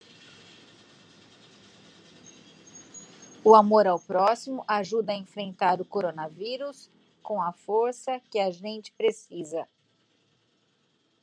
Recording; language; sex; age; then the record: spoken sentence; Brazilian Portuguese; female; 50 to 59 years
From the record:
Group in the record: control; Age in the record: 52 years